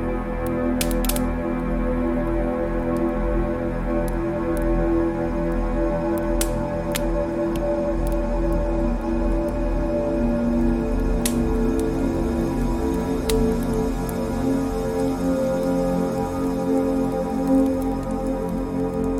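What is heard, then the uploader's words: A fire burns with a steady low rumble, broken by sharp, scattered crackles and pops, a few clustered near the start and others spaced out. Relaxing Fireplace Sounds - Burning Fireplace & Crackling Fire Sounds. The soothing sounds of a burning fire and the gentle crackling of flames.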